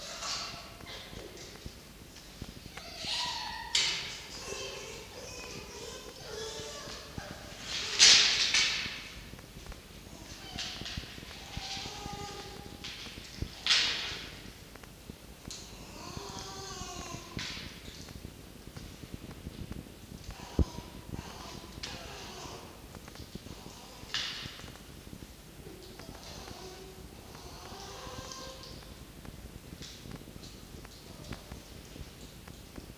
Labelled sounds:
Red Fox
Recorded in captivity
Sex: male
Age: adult
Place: Zoologisches Institut der HUB, Berlin, DE
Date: 1953-02-18 18:18
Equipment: Elmetra
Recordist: Tembrock, Günter

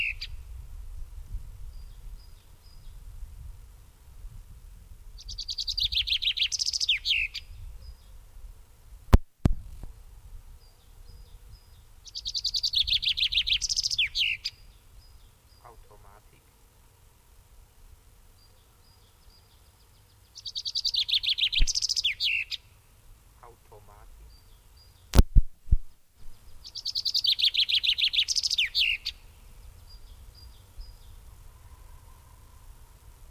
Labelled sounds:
Common Chaffinch song
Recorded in the wild
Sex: male
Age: adult
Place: Bubenreuth, Bayern, DE
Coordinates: 49.4914, 11.0694
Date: 1962-04-12
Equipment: Stellavox SM 5, langes Kabel
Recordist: Tretzel, Erwin

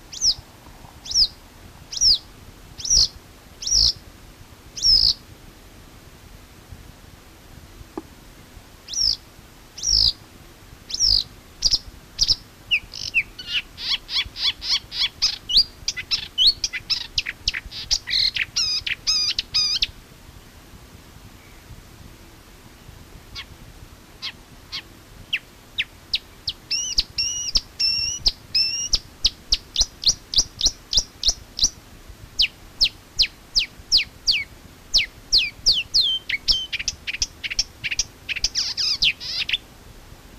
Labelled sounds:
Marsh Warbler song
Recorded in the wild
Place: Schweinsberg, DE
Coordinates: 50.765, 8.9675
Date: 1964-05-25 00:00
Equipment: Uher Report 4000, AKG D190
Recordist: Krey, Winfried
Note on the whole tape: Gesang

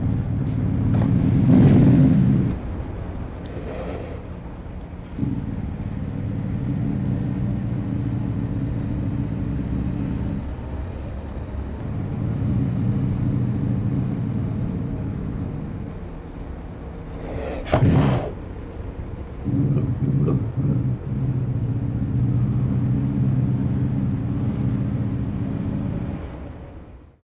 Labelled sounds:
Eurasian Lynx
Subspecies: kozlovi
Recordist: Tembrock, Günter
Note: Weibchen mit Jungen: Knurren, Fauchen, Stoßlaute

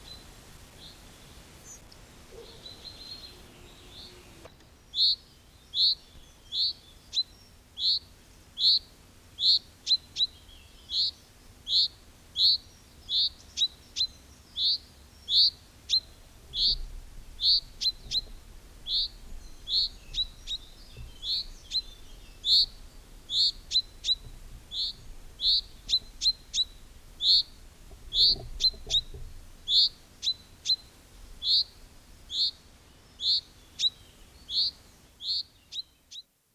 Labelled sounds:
Common Chaffinch call
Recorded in the wild
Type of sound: call
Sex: male
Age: adult
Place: Bielefeld-Senne, Teutoburger Wald, Nordrhein-Westfalen, DE
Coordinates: 51.9853, 8.55778
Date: 1967-06-18
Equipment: Uher 4000 Report-S, Bändchenmikro Beyer M 260, Parabolspiegel Polyester (470 mm)
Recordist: Conrads, Klaus
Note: Am Osningkamm bei Spiegel (wahrscheinlich: Bielefeld, Spiegelsberger Weg 126). Rülschen

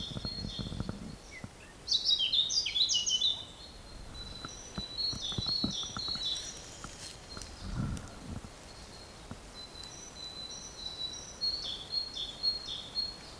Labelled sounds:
Eurasian Blackcap
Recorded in the wild
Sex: male
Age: adult
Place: Mühlenbeck, Brandenburg, DE
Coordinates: 52.667, 13.37
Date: 1992-05-23 12:53
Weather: 23-24°C, böiger Wind
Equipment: Nagra SN, Mikrofon AKG CK 8, Kopie Tesla B 116
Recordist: Tembrock, Günter

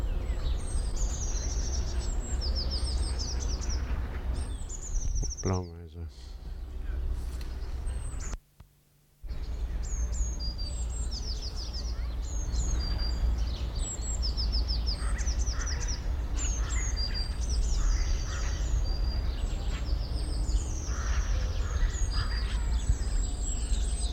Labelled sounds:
Eurasian Blue Tit
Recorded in the wild
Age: adult
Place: Tierpark Berlin, Berlin, DE
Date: 1993-03-13
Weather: 5-12 °C, heiter
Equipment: Marantz CP 430, Sennheiser ME 80, Kopie Uher Variocord 263
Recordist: Tembrock, Günter

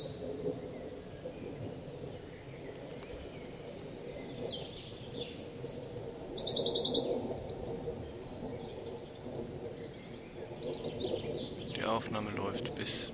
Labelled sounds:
Western Bonelli's Warbler song
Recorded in the wild
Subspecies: bonelli
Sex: male
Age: adult
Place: Eningen, am Albaufstieg, Schwäbische Alb, Baden-Württemberg, DE
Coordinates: 48.4942, 9.27528
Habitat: forest
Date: 1971-05-27
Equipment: Nagra III PH, MD 211
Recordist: Schneider, Hans-Joachim

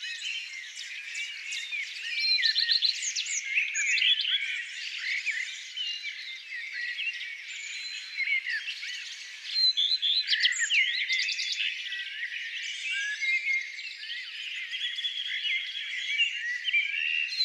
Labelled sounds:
Common Redstart song
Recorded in the wild
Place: Flögelner See, Schleswig-Holstein, DE
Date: 2004-05-05
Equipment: MiniDisc Sharp MT 20 H, Telinga DAT, Telinga-Parabolspiegel
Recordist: Schwarz, Dieter

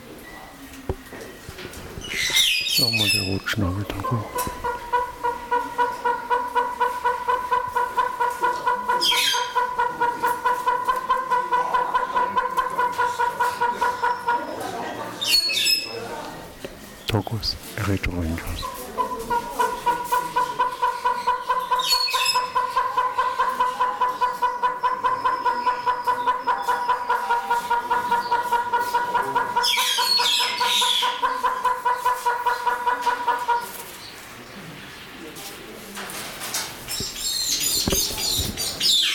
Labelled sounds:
Northern Red-billed Hornbill call
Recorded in captivity
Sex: male
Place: Zoo Berlin, Berlin, DE
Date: 1996-01-21 13:12
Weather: sonnig, -8°C
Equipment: Sony MD-WM MZ-R3, Hama Mikro
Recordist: Tembrock, Günter

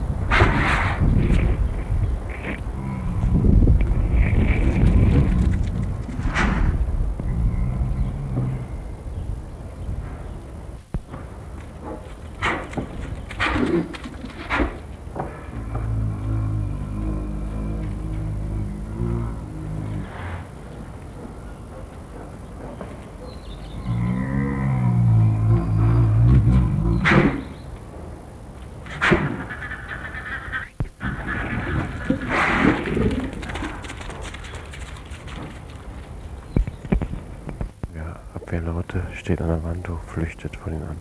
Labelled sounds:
Brown Bear call
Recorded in captivity
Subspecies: middendorffi
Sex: female
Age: adult
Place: Zoo Rostock, Mecklenburg-Vorpommern, DE
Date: 1962-05-04 14:00
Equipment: Minifon, Kopie Smaragd
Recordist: Tembrock, Günter

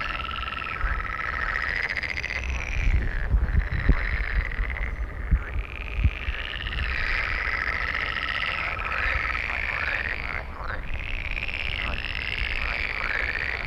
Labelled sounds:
Green Toad call
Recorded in the wild
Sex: male
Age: adult
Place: Malchower Aue, Berlin, DE
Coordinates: 52.5817, 13.4869
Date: 1990-05-16 22:23
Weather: Temperatur: Luft - 14,5°C, Wasser - 17,5°C
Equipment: Uher 4400 Report Monitor, Sennheiser MKH 416 T
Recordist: Frommolt, Karl-Heinz

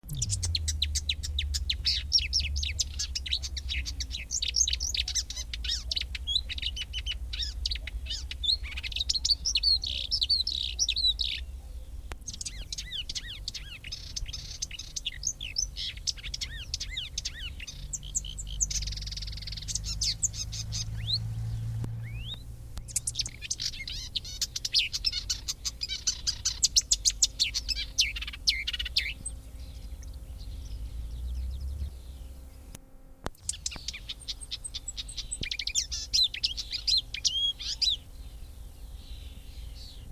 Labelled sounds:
Marsh Warbler
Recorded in the wild
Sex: male
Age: adult
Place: Wiesenthau, Bayern, DE
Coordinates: 49.7128, 11.1353
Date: 1961-05-22
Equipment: Stellavox SM 4, Original, Vollspur
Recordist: Tretzel, Erwin

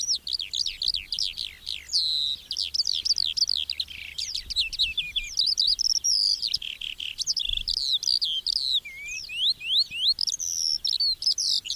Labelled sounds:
Eurasian Skylark song
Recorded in the wild
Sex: male
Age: adult
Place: Erlangen, OT Dechsendorf, Bayern, DE
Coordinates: 49.6317, 10.9364
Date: 1964-04-02
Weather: fog (morning)
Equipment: Original, Vollspur, Parabolspiegel Grampian
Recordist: Tretzel, Erwin
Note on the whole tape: Dechsendorf, Ortsrand. Männchen: Gesang, Bodenaufnahme im Morgengrauen

